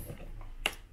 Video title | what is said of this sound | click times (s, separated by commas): My 1st PC Build Start to Windows | there's a click there | 0.7 s